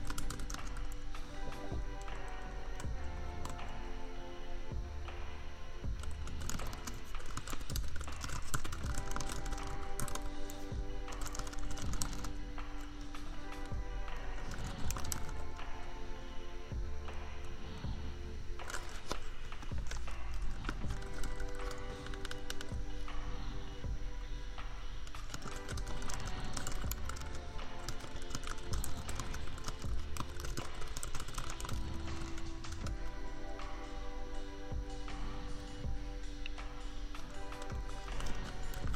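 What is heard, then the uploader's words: Keyboard tapping runs over a lofi beat, quick clustered clicks coming in bursts throughout the 39 seconds. Sustained chords and a thumping low beat keep a steady loop, while a constant fan hum sits underneath at an even level. Typing. Just a lazy evening of keyboard tapping, royalty-free lofi beats, and an annoying laptop fan hum that no amount of equalizers or compressors could ever truly remove.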